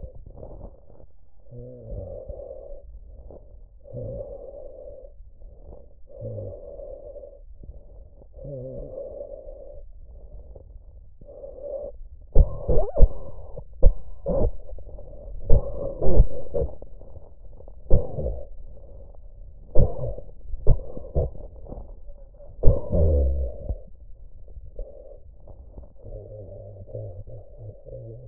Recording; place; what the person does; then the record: lung sounds by stethoscope; trachea; quiet breathing, then cough and speech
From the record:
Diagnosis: pulmonary infection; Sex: male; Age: 69 years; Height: 184 cm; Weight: 115 kg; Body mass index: 34.0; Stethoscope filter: extended mode